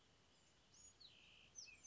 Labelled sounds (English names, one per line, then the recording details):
Cassin's Vireo
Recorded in Sonoma County, California